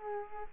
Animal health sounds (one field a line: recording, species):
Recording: mosquito wingbeat signal from an infrared sensor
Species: Culex quinquefasciatus